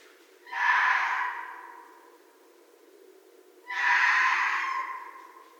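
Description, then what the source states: Red fox giving two breathy, hoarse calls about three seconds apart, each swelling quickly then fading. Recorded in 2012.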